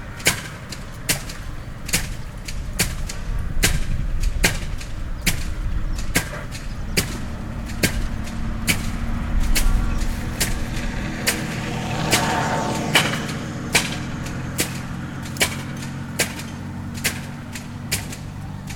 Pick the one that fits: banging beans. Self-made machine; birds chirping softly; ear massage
banging beans. Self-made machine